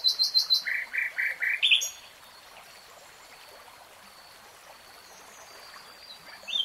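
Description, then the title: Nightingale song: clipped repeated chirps and a few lower rasping notes in quick succession, then a long quiet stretch with faint calls. "[Tiếng chim hót] 3 Hours REALTIME Nightingale Singing"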